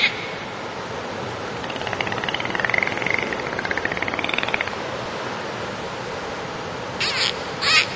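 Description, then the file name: Dolphin sounds: a long wavering whistle with a buzzy pulsed stretch for about three seconds, then two brief high bursts near the end, over constant hiss. "Golfinhos"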